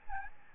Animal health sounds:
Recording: mosquito wingbeat signal from an infrared sensor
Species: Aedes albopictus

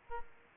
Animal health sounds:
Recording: mosquito wingbeat signal from an infrared sensor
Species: Aedes aegypti

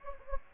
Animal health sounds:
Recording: mosquito wingbeat signal from an infrared sensor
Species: Anopheles gambiae

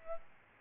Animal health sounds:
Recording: mosquito wingbeat signal from an infrared sensor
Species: Aedes albopictus

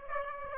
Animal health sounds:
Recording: mosquito wingbeat signal from an infrared sensor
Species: Aedes aegypti

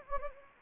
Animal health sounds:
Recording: mosquito wingbeat signal from an infrared sensor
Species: Anopheles gambiae

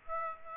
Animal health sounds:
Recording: mosquito wingbeat signal from an infrared sensor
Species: Aedes aegypti

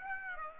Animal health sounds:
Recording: mosquito wingbeat signal from an infrared sensor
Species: Aedes aegypti

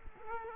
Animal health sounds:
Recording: mosquito wingbeat signal from an infrared sensor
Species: Culex quinquefasciatus

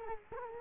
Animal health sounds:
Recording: mosquito wingbeat signal from an infrared sensor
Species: Culex quinquefasciatus

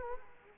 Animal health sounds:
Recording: mosquito wingbeat signal from an infrared sensor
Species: Culex quinquefasciatus

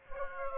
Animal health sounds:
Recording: mosquito wingbeat signal from an infrared sensor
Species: Aedes aegypti

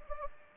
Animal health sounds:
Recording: mosquito wingbeat signal from an infrared sensor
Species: Anopheles gambiae

